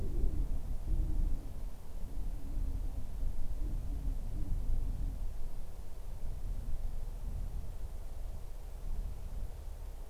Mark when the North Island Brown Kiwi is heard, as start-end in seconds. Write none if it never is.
none